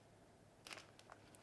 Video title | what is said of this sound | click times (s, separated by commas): OnControl Bone Marrow Device, set up and practical demonstration | of the driver and you'll hear a click when it's in position | 0.7 s